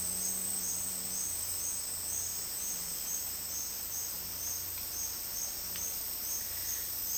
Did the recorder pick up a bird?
no